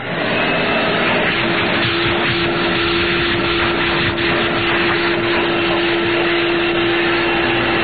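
A vacuum cleaner runs loudly and steadily for the whole stretch, a dense whooshing roar with a constant humming whine underneath and no pauses or voices.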